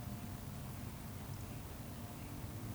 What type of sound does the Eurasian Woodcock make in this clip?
whistle